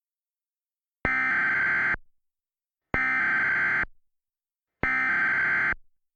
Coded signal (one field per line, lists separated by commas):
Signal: Emergency Alert System (SAME) tones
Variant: header bursts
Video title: Cudahy Fire - EAS mock